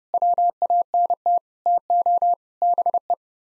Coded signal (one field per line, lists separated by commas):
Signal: Morse code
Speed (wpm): 40 wpm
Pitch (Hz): 700 Hz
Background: none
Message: WANT TO BE